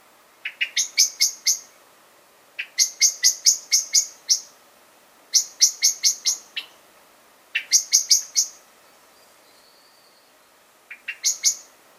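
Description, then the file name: Common blackbird giving repeated volleys of sharp clicking chinks, each burst of several rapid notes separated by pauses. "Turdus merula"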